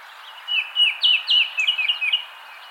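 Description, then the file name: Baltimore oriole song, a quick run of rich whistled notes in a brief phrase over a soft background hiss. "Icterus galbula - Baltimore Oriole"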